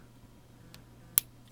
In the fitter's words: Um, separate the legs and then the feet actually will click into place when you get them all the way back.